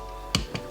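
A torque wrench set to 6 Nm tightens another chainring bolt on a road bike crankset and clicks sharply at 0.3 s, followed by a softer tick at 0.6 s over a steady tonal hum. The wrench clicks early at this low setting; the bolt did not feel very tight, so the setting is raised to 9.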